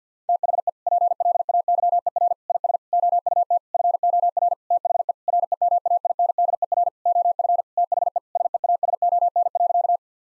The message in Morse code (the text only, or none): THE PLAYER IS OUT FOR THE REMAINDER OF THE SEASON.